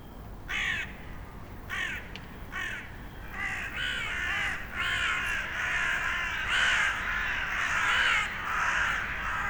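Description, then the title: Crows cawing in a group, harsh hoarse caws that start in short bursts and then overlap into a steady chorus. Group of crows resting on a crane at a construction site in Vienna, spontaneously beginning to caw. "Cuervos en Viena"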